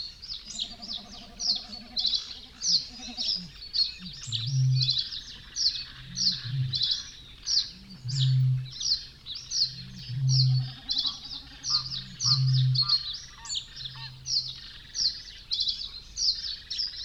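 Reed warblers and reed buntings sing insistently in dense, continuous high chatter, while low grunting calls repeat every two seconds from about four seconds on.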